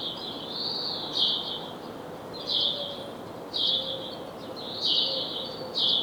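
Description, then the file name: House sparrow chirps, a longer drawn chirp at the start, then several sharp chirps, over low background hiss. "Passer domesticus"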